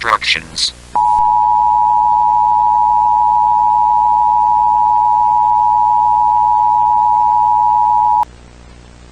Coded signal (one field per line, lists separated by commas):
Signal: Emergency Alert System (SAME) tones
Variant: 853 and 960 Hz attention tone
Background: speech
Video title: EAS Scenario: The 7 Broken Universes [FULL] [7K SUBS SPECIAL]